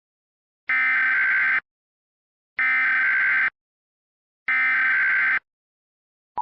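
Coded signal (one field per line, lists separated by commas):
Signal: Emergency Alert System (SAME) tones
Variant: header bursts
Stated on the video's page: Fictional EAS scenario, simulated alert.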